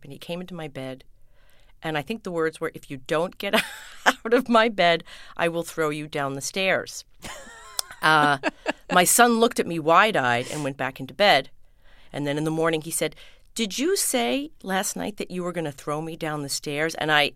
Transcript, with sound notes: And he came into my bed, and I think the words if you don't get out of my bed, I will throw you down the stairs.
(LAUGHTER)
My son looked at me wide-eyed and went back into bed. And then in the morning, he said did you say last night that you were going to throw me down the stairs?